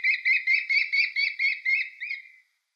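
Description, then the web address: American kestrel giving a quick run of piercing klee notes, about four per second, trailing off softer at the end. "Schulze Peter American Kestrel"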